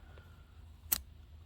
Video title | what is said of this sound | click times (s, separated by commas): Autostop Eliminator install and review on 2019+ GMC Sierra | You heard the click. It's in. It's in. It should be good. | 0.9 s